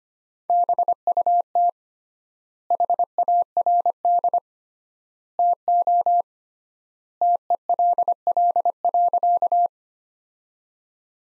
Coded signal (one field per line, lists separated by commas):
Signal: Morse code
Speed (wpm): 25 wpm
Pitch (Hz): 700 Hz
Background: none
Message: BUT HARD TO TELL.